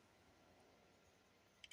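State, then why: Not seated. A plastic X-Transbots Boosticus upgrade-kit piece is pushed down onto the combined FOC Bruticus toy robot, with low, steady handling noise and two brief sharp sounds near 1.6 and 1.7 seconds. The piece does not lock into place; nothing has seated or clicked yet.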